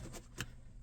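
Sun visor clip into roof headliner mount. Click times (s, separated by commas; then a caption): 0.4 s. A sun visor clip on a Ford F-150 is pushed straight up onto its mount in the roof headliner. A single sharp click sounds at 0.4 s over a low background hum. The clip seats firmly and holds solid.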